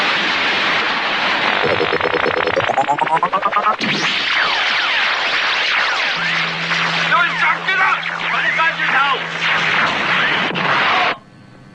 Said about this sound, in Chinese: 巡逻直升机被敌人击落了。